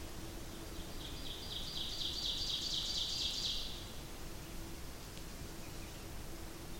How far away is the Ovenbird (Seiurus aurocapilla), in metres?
about 95 m